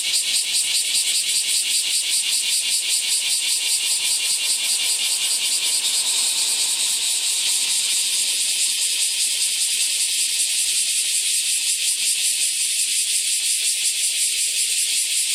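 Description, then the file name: Bear cicada song: an intense, rasping shrill hiss made of rapid, evenly repeated pulses, continuing without pause for the whole stretch. "Kumazemi"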